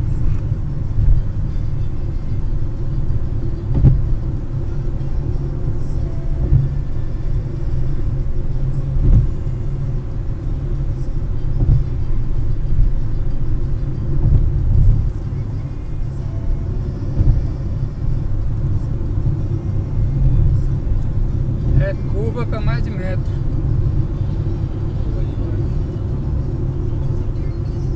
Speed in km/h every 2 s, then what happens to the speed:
99, 102, 106, 108, 109, 109, 105, 100, 102, 102, 103, 103, 103, 104.
0-7 speeds up to 109. 7-14 slows to 100. 14-28 steady at about 103.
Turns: none.